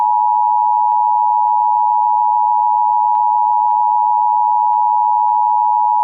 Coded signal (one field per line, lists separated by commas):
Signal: Emergency Alert System (SAME) tones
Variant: 853 and 960 Hz attention tone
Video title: Practice Demo but its WDFA 10 24 21 EAS #11